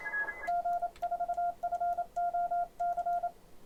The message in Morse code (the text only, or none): G4FOC